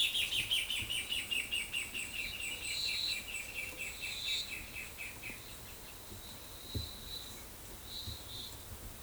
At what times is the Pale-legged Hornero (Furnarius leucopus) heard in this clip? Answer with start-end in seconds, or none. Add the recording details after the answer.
0.00-5.42. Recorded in forest near Pivijay, Magdalena, Colombia, on 13 April 2023 at 15:30. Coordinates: 10.467, -74.380. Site Z5-G034